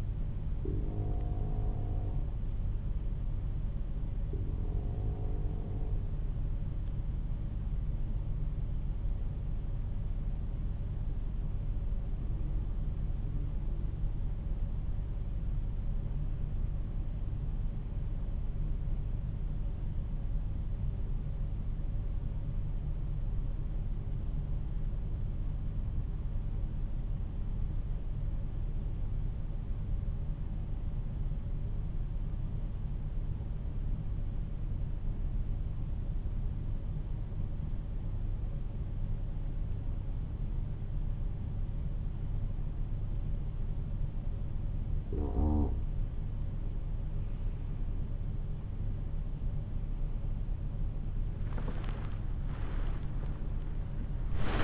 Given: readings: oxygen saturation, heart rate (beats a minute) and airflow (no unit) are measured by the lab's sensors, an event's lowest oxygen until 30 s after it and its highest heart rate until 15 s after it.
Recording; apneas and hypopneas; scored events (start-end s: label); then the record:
breathing in sleep by a smartphone at the bedside; 1
12.00-48.00 s: hypopnea (N1, oxygen 94% highest, then 91% lowest, heart rate 51 at the start, 65 highest)
15.00-54.64 s: new sleep stage, N2 (light sleep)
From the record:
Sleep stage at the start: N1 (lightest sleep); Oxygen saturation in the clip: 91 to 94%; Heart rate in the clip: 48 to 57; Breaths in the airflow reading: 14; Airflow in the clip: -14.0 to 14.7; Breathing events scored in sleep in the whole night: 388 in 6.5 hours asleep